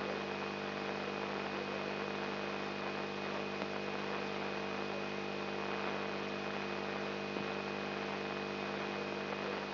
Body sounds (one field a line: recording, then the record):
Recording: brain microelectrode recording played as sound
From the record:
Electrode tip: outside the subthalamic nucleus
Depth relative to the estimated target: -3.5 mm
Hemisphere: left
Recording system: AlphaMap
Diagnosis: Parkinson's disease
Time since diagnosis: 10 years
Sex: male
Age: 56 years